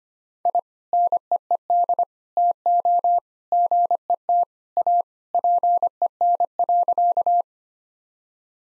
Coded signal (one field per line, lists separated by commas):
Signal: Morse code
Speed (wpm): 25 wpm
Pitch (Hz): 700 Hz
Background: none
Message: I NEED TO GET A PEN.